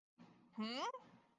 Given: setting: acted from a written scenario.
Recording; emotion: vocal sound without words; confusion